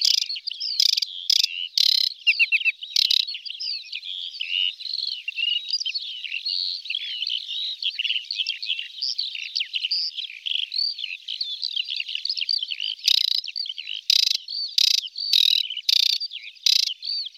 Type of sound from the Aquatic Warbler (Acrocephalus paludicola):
song